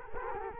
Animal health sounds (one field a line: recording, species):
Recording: mosquito wingbeat signal from an infrared sensor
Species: Culex quinquefasciatus